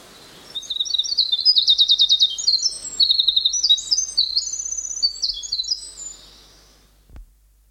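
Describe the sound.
Winter wren song: a long, rapid, high-pitched cascade of tinkling trills and warbled notes running unbroken for about six seconds, with a soft thump at the end.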